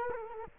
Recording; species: mosquito wingbeat signal from an infrared sensor; Culex quinquefasciatus